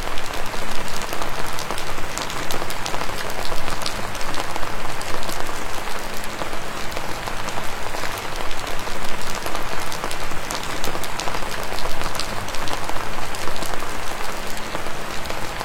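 Steady morning rain in the countryside patters densely and evenly, with many drops crackling brightly over a faint low hum throughout.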